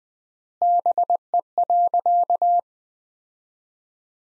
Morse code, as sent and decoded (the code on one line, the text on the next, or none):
-... . .-.-.-
BE.